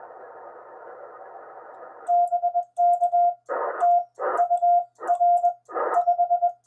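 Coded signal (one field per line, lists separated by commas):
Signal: Morse code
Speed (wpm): 21 wpm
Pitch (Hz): 700 Hz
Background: music, radio noise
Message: BK TU R 5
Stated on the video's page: POTA CW contacts hunted with a Yaesu FT-991A on an end-fed half-wave antenna, keyed with a Bencher key.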